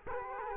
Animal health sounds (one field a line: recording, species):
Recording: mosquito wingbeat signal from an infrared sensor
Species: Culex quinquefasciatus